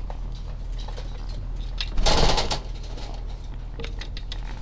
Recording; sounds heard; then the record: poultry house recording; sick chickens (respiratory disease)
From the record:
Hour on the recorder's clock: 14